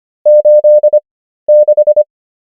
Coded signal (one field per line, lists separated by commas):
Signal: Morse code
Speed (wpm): 25 wpm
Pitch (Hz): 600 Hz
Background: none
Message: 86